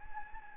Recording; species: mosquito wingbeat signal from an infrared sensor; Anopheles gambiae